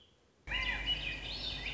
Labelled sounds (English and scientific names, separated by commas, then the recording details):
Warbling Vireo (Vireo gilvus)
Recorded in Sonoma County, California